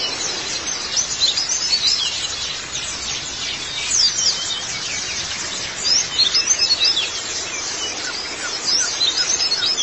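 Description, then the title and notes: White-eye song: scattered high, thin chirps and quick twittering notes in brief bursts, with a steady hiss beneath. "Kicauan Burung Pleci Durasi Panjang. Suara kicauan burung pleci"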